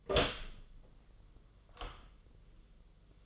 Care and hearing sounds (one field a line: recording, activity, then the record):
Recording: daily activity, microphone in the room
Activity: open door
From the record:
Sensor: 4